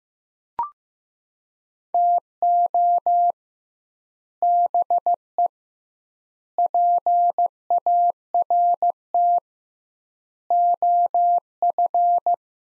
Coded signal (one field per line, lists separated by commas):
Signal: Morse code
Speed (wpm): 15 wpm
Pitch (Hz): 700 Hz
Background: none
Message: TO BE PART OF